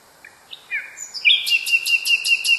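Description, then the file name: Common nightingale song phrase: soft thin notes and a downslurred whistle, then a steady run of sharp, evenly repeated high notes. Song variation. "kicauan nightingale a variasi. omkicau"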